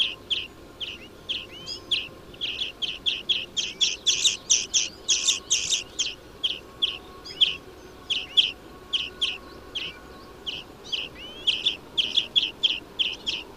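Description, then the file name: European greenfinch uttering a long, lively series of short chirps and upslurred notes, at times in fast twittering bursts. "Chloris chloris"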